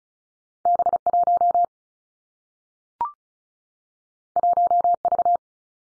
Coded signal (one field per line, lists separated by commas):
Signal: Morse code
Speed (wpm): 36 wpm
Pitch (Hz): 700 Hz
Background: none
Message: B 1 1 V